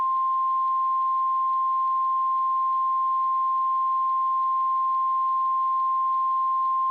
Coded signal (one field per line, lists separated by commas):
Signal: Emergency Alert System (SAME) tones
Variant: 1050 Hz attention tone